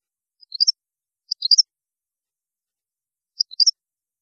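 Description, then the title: European goldfinch giving brief high chirps in small clusters, two close together and a third after a gap of about two seconds, otherwise quiet. "Chant Chardonneret"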